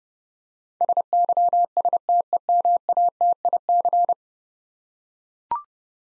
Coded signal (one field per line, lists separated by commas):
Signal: Morse code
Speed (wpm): 30 wpm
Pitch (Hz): 700 Hz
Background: none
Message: SYSTEMATIC